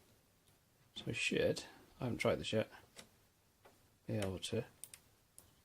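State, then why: Seated. A microSD card is pushed into a spring-loaded card slot or extension socket on a Raspberry Pi being fitted inside an LG LCD TV while someone talks. Sharp, short clicks come at 4.8 s and 4.9 s as the card seats in place.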